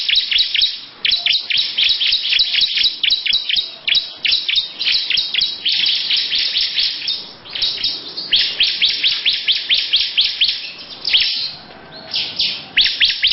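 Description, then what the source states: Lovebird chattering song: long runs of rapid, harsh high chirps in quick bursts, broken by brief pauses. Long "ngekek panjang" song style.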